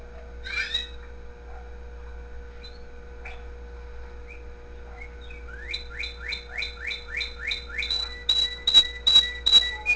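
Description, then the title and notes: Canary song building from scattered chirps into a rapid series of rising whistled notes and then loud repeated high tones with sharp clicks. The uploader's own canary, with background music playing. "mi canario. musica de fondo"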